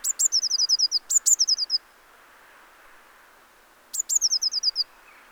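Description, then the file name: Eurasian blue tit calling with high scolding phrases: a sharp introductory note then a quick run of falling notes, repeated three times with a pause before the last. "Cyanistes caeruleus"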